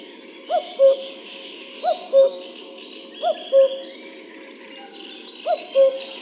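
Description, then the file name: Common cuckoo calls cu-coo four times, a brief higher note then a lower one, with a slightly longer pause before the last call and constant hiss behind. "Cuculo"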